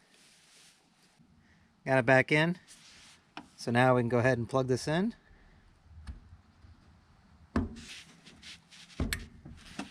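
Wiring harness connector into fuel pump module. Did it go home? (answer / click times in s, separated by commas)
yes / 9.1 s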